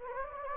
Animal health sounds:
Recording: mosquito wingbeat signal from an infrared sensor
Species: Anopheles gambiae

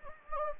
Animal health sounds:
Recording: mosquito wingbeat signal from an infrared sensor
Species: Anopheles gambiae

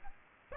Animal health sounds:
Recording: mosquito wingbeat signal from an infrared sensor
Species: Aedes aegypti

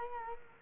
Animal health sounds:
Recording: mosquito wingbeat signal from an infrared sensor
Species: Culex quinquefasciatus

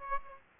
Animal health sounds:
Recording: mosquito wingbeat signal from an infrared sensor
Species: Aedes aegypti

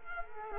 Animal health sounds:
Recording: mosquito wingbeat signal from an infrared sensor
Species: Culex quinquefasciatus

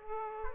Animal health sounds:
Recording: mosquito wingbeat signal from an infrared sensor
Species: Aedes aegypti

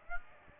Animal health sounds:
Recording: mosquito wingbeat signal from an infrared sensor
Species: Aedes aegypti

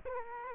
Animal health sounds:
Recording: mosquito wingbeat signal from an infrared sensor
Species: Culex quinquefasciatus

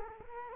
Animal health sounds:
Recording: mosquito wingbeat signal from an infrared sensor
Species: Culex quinquefasciatus

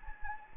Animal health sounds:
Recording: mosquito wingbeat signal from an infrared sensor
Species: Anopheles gambiae

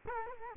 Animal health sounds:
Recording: mosquito wingbeat signal from an infrared sensor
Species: Culex quinquefasciatus

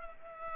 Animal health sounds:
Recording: mosquito wingbeat signal from an infrared sensor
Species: Culex pipiens

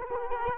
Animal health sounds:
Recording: mosquito wingbeat signal from an infrared sensor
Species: Culex quinquefasciatus

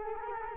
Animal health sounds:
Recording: mosquito wingbeat signal from an infrared sensor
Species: Culex quinquefasciatus

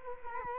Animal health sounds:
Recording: mosquito wingbeat signal from an infrared sensor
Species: Culex quinquefasciatus

